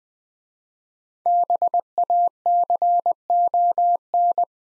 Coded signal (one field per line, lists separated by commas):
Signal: Morse code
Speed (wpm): 20 wpm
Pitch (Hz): 700 Hz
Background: none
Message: BACON